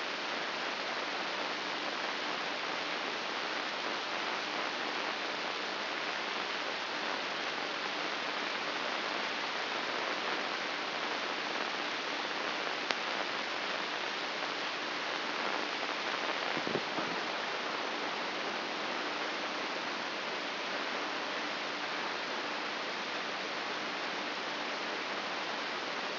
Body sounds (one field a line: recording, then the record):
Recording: brain microelectrode recording played as sound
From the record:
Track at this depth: inside the subthalamic nucleus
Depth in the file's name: 6.016 mm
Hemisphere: left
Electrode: 2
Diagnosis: Parkinson's disease